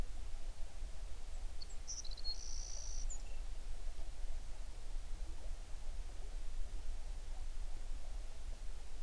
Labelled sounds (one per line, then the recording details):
songbird
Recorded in the Prudhoe Bay oil fields, Alaska, on 11 June 2019 at 05:41
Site 21